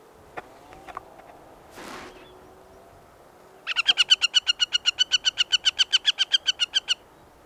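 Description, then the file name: Northern Harrier calling in a long, rapid, steady series of many sharp notes, preceded by a few soft faint chirps and a short noisy rustle. "Northern Harrier - Circus hudsonius"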